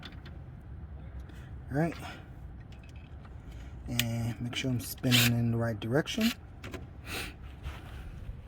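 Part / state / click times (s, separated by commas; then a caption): coilover mounting nut or lock onto the strut assembly / not seated / none. A coilover mounting nut or lock is handled on the strut assembly while someone talks, with faint scattered taps and small metallic clicks under the speech. Nothing has seated or clicked into place yet.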